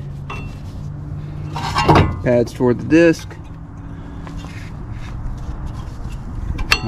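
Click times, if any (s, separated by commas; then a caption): 6.7 s. A new brake pad for a 2014 Nissan Versa is tipped toward the disc and rotated into the metal retaining clip on the caliper bracket while someone talks. A low hum runs underneath, with faint knocks along the way. A sharp metallic snap at 6.7 s marks the pad seating in the clip.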